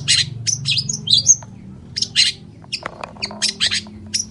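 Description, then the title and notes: Long-tailed shrike song of harsh buzzy notes and bright whistles delivered in quick irregular runs, then sparser chirps, with a soft low drone behind. Long-tailed shrike in morning song with 'toet toet' sound variations; used as a lure to prompt silent, stalled or stressed shrikes to answer within three seconds. "Cendet Gacor Dor Di Kala Pagi Toet Toet Variasi Suara. PANCINGAN CENDET MALAS BUNYI CENDET MACET CENDET STRESS CUKUP 3 DETIK BAKALAN NYAUT BUNYI. Burung cendet"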